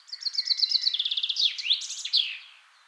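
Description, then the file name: Common Chaffinch song, a full strophe: repeated notes stepping down in pitch, then a faster phrase and a loud final flourish. "Fringilla coelebs"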